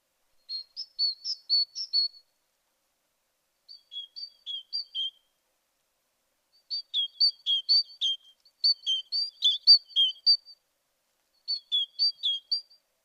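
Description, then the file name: Great tit calls: bursts of fast two-pitched notes, high then lower, repeated in several runs with short gaps between them. "Parus major"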